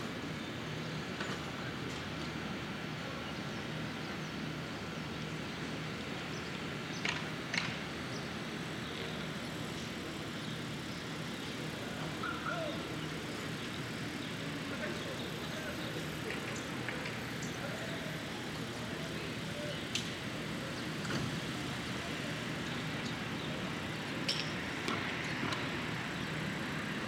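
A Brooklyn street in the morning carries a steady, dense rumble of traffic and idling engines throughout. Scattered speech and short clicks or knocks break through now and then, with sharper sounds near seven seconds and again around twenty and twenty-five seconds.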